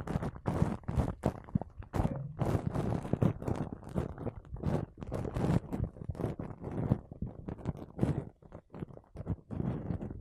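Makeup brushes and a sponge rub across a microphone in quick, irregular strokes, each one a soft scratchy swish. The strokes come several per second with brief gaps, their loudness rising and falling throughout, with a fuller, rustling texture in the low end.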